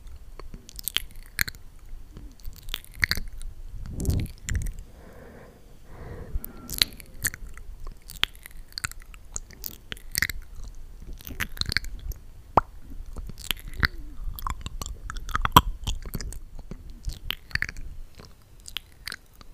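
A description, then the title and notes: Wet, sticky mouth sounds and lip smacks pop irregularly throughout, with a soft low breathy swell around four to seven seconds. Tingly mouth sounds (lipgloss application, breathing sounds, kisses etc.)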